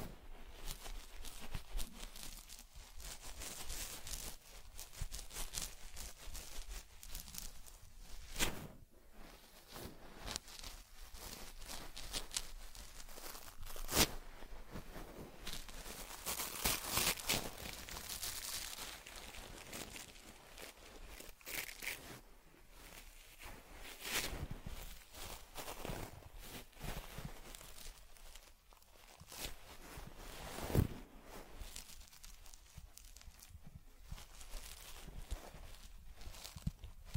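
Teddy gets a head massage, facial cleansing, fur combing and ear cleaning, heard as continuous soft brushing, rubbing and crinkling. Sharp scratchy strokes and small clicks come every second or so, with louder swipes near 9, 14, 24 and 31 seconds.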